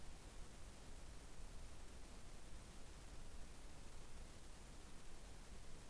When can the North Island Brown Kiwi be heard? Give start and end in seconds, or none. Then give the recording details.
none. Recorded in New Zealand on 25 November 2015. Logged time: 01:28. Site CH66